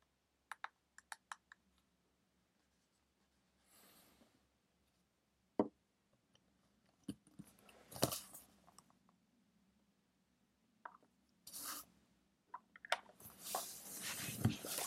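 Studying with a pencil: sparse ticks and taps of the pencil come early, then scratchy writing strokes in bursts around 8 seconds, 11–12 seconds and more steadily from 13 seconds to the end. A faint low hum runs underneath throughout.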